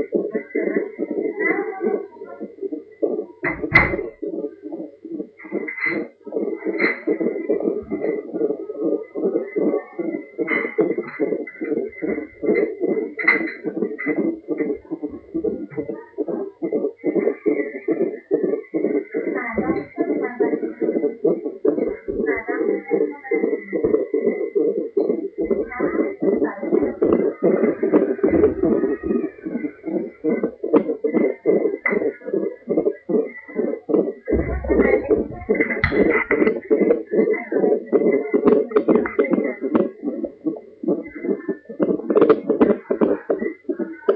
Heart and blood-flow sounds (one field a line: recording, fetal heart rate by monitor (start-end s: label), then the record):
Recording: fetal heart sounds by stethoscope on the mother's abdomen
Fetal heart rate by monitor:
0.00-10.00 s: 148 bpm
10.00-20.00 s: 150 bpm
20.00-30.00 s: 151 bpm
30.00-40.00 s: 152 bpm
40.00-44.16 s: 156 bpm
From the record:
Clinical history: preeclampsia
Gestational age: 36 weeks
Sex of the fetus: girl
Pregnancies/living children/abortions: 2/0/1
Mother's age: 33 years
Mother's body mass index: 37.5